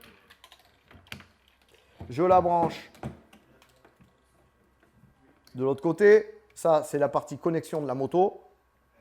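On a BMW R 1200 RT, the fuel level sender's electrical connector is being handled outside the fuel tank, ready to plug into the motorcycle's wiring connector. Someone talks in two stretches while faint handling ticks and taps are heard, including a brief sharp tick near 1.1 s. The clip ends before the connector goes home, so nothing has seated or clicked yet.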